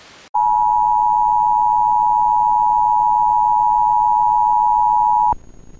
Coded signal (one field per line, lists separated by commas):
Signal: Emergency Alert System (SAME) tones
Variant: 853 and 960 Hz attention tone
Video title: "Emergency Alert System" EAS